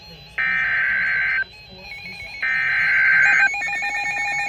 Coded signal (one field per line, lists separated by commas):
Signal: Emergency Alert System (SAME) tones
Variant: header bursts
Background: speech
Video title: (For my county!) EAS Severe Thunderstorm Warning on NOAA Radios (5/2/2024) EAS #344